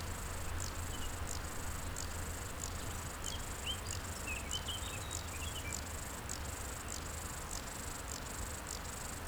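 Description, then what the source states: Bow-winged grasshopper song: a steady series of high, dry buzzy pulses, with a few thin bird chirps midway and a low rumble beneath. Recorded beside the Nant Fourchu road in a meadow near the Chéran river, École, France; several singing grasshoppers with a few birds.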